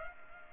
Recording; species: mosquito wingbeat signal from an infrared sensor; Culex pipiens